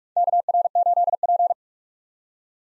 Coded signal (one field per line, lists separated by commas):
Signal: Morse code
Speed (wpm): 41 wpm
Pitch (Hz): 700 Hz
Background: none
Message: KR8P